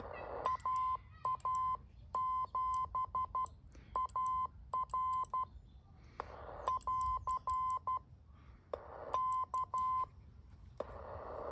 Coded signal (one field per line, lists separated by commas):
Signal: Morse code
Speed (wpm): 12 wpm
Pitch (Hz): 1030 Hz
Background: none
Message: AA7AR <AR> K